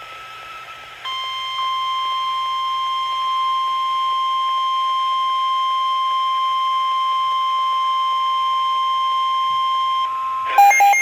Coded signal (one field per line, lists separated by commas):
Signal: Emergency Alert System (SAME) tones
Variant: 1050 Hz attention tone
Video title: NOAA Radio (Livestream EAS# 1) Double Header SVR's!!!!